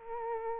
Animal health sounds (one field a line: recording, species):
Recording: mosquito wingbeat signal from an infrared sensor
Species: Culex quinquefasciatus